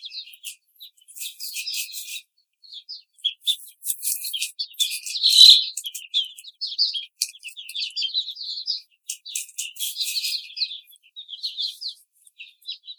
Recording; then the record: young laying hens in a cage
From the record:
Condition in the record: treatment cage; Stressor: simulated dog barking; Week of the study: 5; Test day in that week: 1